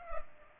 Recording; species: mosquito wingbeat signal from an infrared sensor; Culex pipiens